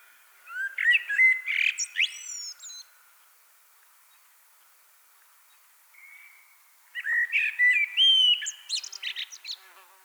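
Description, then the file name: Common blackbird song: two phrases, each opening with low mellow fluted whistles and ending in a high squeaky twitter, separated by about four seconds of quiet. "Turdus merula"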